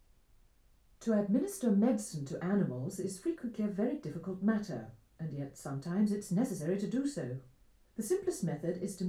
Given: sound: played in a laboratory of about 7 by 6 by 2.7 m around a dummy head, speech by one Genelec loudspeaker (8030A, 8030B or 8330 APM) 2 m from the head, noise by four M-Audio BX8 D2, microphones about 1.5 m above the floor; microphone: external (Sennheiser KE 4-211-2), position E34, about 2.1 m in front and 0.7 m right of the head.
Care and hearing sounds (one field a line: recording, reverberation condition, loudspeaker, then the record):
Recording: female speech in English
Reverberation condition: low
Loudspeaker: 30 degrees to the left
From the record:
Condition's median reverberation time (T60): about 310 ms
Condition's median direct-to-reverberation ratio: about 3.5 dB